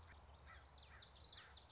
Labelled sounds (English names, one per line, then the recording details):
Common Yellowthroat
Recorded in Sonoma County, California